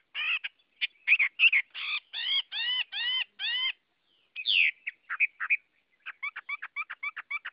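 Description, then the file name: Chinese hwamei song: a rhythmic series of loud, rich, arching notes, a brief pause, then varied chirps and a quick repeated chatter. Song in the 'forest voice' (giọng rừng) style. "Tieng hoa mi hot giong rung"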